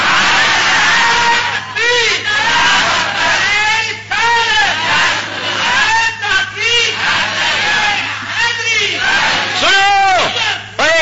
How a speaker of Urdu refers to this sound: دسو اتے میاں شیر ربانی دے بڑے نعرے پہ لگتے سن لگ رہے سن